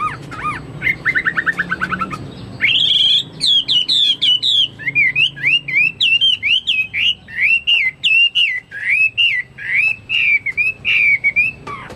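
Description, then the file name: Chinese hwamei song: a soft rapid trill at first, then a long energetic stream of loud, wavering whistled notes in quick rhythm. "omkicau hwamei"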